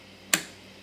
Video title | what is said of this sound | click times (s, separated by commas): Tekton Torque Wrench Review | and then whenever you get it right you hear it click | 0.3 s